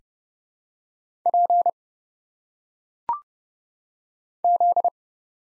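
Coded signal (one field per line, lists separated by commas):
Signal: Morse code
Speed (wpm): 29 wpm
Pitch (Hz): 700 Hz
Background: none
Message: P Z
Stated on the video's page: Morse practice of single letters at 30 wpm, each sent, spoken with phonetic pronunciation, then sent again.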